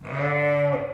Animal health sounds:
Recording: contact call of a hoofed animal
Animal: sheep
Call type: low-frequency (closed-mouth) or high-frequency (open-mouth) call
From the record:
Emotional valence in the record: negative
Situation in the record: short social isolation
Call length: 0.94 s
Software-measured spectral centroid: 1380 Hz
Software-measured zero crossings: 1580 a second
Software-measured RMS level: -24 dBFS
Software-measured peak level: -13 dBFS

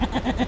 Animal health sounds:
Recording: contact call of a hoofed animal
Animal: goat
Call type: low-frequency (closed-mouth) or high-frequency (open-mouth) call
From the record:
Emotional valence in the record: negative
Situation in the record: short social isolation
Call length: 0.47 s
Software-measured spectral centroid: 1790 Hz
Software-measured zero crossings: 1250 a second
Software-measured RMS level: -24 dBFS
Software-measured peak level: -11 dBFS

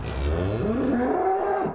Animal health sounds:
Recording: contact call of a hoofed animal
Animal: cattle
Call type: low-frequency (closed-mouth) or high-frequency (open-mouth) call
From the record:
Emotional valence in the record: positive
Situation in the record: visual reunion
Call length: 1.75 s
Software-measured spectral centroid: 1040 Hz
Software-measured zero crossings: 1010 a second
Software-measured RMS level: -24 dBFS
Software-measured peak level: -12 dBFS

